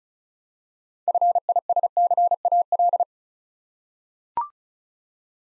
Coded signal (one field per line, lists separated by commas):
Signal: Morse code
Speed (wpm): 36 wpm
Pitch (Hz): 700 Hz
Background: none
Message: FISCAL